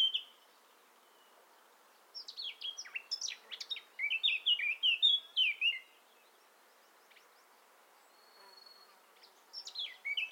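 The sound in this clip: Eurasian blackcap song: a quiet pause, then a rapid run of scratchy warbled notes turning into clear fluty whistles, with another phrase starting near the end.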